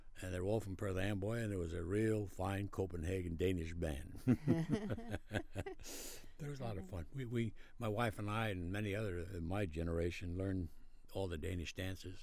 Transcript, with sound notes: And they're all from Perth Amboy and it was a real fine Copenhagen Danish band.. (Both laugh) It was a lot of fun. We-we- my wife and I and many others of my generation learned all the Danish dances